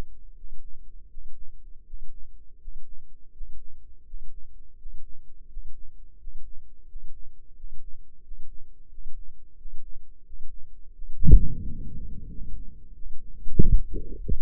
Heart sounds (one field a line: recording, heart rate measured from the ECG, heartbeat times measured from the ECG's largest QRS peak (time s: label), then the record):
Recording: heart sounds by microphone in the left ear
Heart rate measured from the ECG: 86 bpm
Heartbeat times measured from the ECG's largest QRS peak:
0.32 s: heartbeat
1.06 s: heartbeat
1.82 s: heartbeat
2.56 s: heartbeat
3.29 s: heartbeat
4.02 s: heartbeat
4.74 s: heartbeat
5.45 s: heartbeat
6.15 s: heartbeat
6.84 s: heartbeat
7.52 s: heartbeat
8.19 s: heartbeat
8.86 s: heartbeat
9.54 s: heartbeat
10.21 s: heartbeat
10.90 s: heartbeat
11.59 s: heartbeat
12.26 s: heartbeat
12.92 s: heartbeat
13.56 s: heartbeat
14.20 s: heartbeat
From the record:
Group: healthy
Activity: Valsalva maneuver 0-11 s, rest 11-14 s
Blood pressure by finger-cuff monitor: 99/63 mmHg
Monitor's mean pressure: 72 mmHg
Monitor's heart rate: 86 bpm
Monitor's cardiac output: 7.1 L/min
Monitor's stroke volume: 85 mL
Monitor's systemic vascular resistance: 730 dyn s/cm5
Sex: male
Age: 35 years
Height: 180 cm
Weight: 86.9 kg